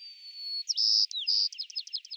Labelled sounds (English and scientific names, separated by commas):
White-crowned Sparrow (Zonotrichia leucophrys) song